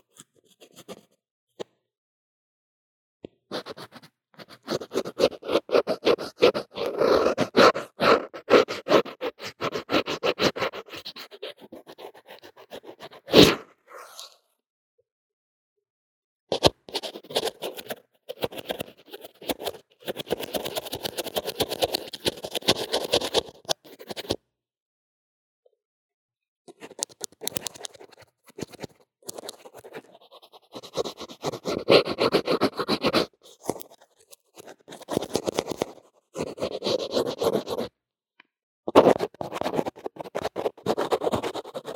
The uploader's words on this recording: 各種玩弄線麥!! Lo-fi Earphone Mic drawing & Makeup | No Talking.